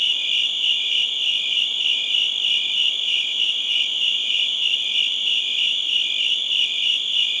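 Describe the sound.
Cricket chorus of fast, high-pitched chirps merging into a continuous shimmering trill with no other sounds.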